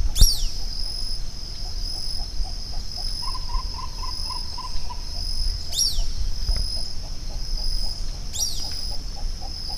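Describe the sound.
Bird calling in a fast series of short, evenly spaced notes with harmonics, strongest midway, over a steady high insect whine and repeated sharp descending high sweeps.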